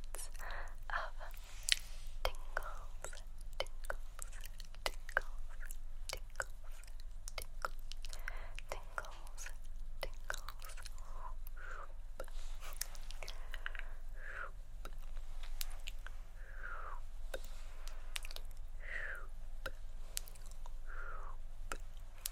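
Hand movements mix with assorted mouth sounds: quick tongue clicks and tk-tk taps scattered throughout, plus soft wet shoop-like swishes every second or two. The sounds are quiet, sharp and fairly dense, over a steady low hum.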